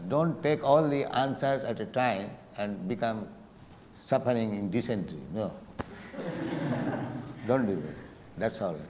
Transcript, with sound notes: Don't take all the answers at a time and become suffering in dysentery. No. [laughter] Don't do that. That's all